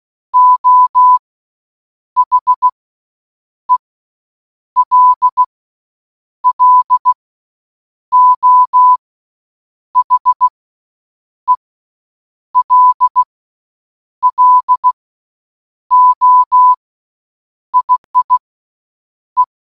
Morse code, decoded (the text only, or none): OHELLO HELLO IIE